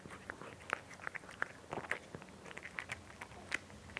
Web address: BBC Cats Eating